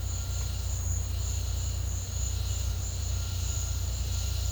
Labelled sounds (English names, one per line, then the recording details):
none
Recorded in pastures near Puerto Asís, Putumayo, Colombia, on 15 December 2024 at 11:00
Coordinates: 0.502, -76.324
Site G077